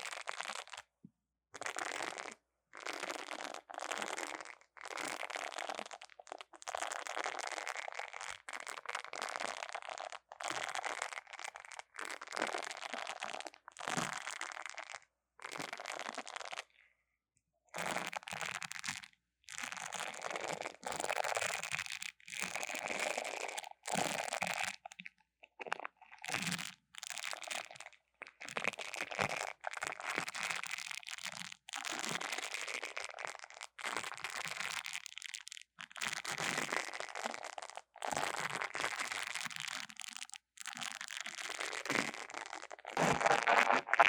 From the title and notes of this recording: 刺痛觸發迷你麥克風. Tingles With Mini Mic Tapping & Scratching. NO Talking.